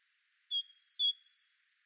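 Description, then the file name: Great tit giving two quick pairs of sharp whistled notes, each pair stepping from lower to higher pitch, over a quiet background. "Parus major"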